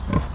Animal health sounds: contact call of a hoofed animal; wild boar; grunt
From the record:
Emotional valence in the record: positive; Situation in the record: food anticipation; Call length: 0.35 s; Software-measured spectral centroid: 1380 Hz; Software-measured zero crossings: 730 a second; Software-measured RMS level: -24 dBFS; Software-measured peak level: -6 dBFS

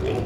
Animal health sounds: contact call of a hoofed animal; pig; closed-mouth grunt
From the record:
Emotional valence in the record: positive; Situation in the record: food and toys in familiar pen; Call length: 0.26 s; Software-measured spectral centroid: 1530 Hz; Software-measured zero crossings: 900 a second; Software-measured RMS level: -24 dBFS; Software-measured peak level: -18 dBFS

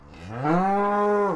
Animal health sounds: contact call of a hoofed animal; cattle; low-frequency (closed-mouth) or high-frequency (open-mouth) call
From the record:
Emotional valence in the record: negative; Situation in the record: full separation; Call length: 1.36 s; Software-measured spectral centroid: 1080 Hz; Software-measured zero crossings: 1400 a second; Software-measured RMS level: -23 dBFS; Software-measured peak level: -10 dBFS

